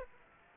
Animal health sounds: mosquito wingbeat signal from an infrared sensor; Aedes aegypti

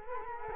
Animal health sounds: mosquito wingbeat signal from an infrared sensor; Culex quinquefasciatus

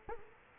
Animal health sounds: mosquito wingbeat signal from an infrared sensor; Culex quinquefasciatus

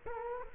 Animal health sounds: mosquito wingbeat signal from an infrared sensor; Culex quinquefasciatus

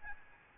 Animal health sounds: mosquito wingbeat signal from an infrared sensor; Aedes albopictus

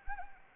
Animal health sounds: mosquito wingbeat signal from an infrared sensor; Anopheles arabiensis

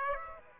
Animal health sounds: mosquito wingbeat signal from an infrared sensor; Aedes aegypti

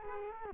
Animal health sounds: mosquito wingbeat signal from an infrared sensor; Culex quinquefasciatus

